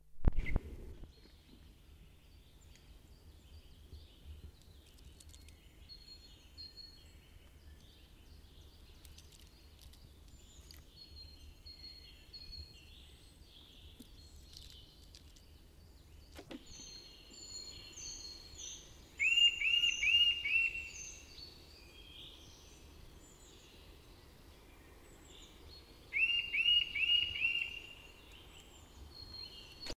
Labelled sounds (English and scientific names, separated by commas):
Eurasian Nuthatch (Sitta europaea) call